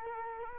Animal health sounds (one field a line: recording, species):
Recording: mosquito wingbeat signal from an infrared sensor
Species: Culex quinquefasciatus